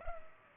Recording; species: mosquito wingbeat signal from an infrared sensor; Culex pipiens